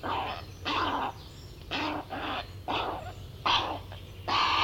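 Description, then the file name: Grey heron harsh squawks, several rough croaking bursts at irregular intervals, over a faint low hum. "Grey Heron (Ardea cinerea)"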